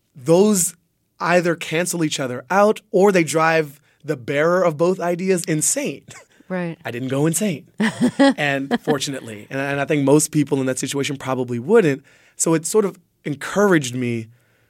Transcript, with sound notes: Those either cancel each other out or they drive the bearer of both ideas insane.
Right.
I didn't go insane. (LAUGHTER) And fortunately. And I think most people in that situation probably wouldn't, so a sort of encouraged to me